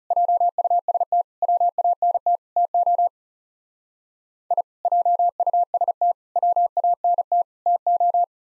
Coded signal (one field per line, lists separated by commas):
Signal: Morse code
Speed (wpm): 36 wpm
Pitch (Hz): 700 Hz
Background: none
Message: JUST WANT TO I JUST WANT TO